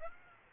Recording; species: mosquito wingbeat signal from an infrared sensor; Aedes aegypti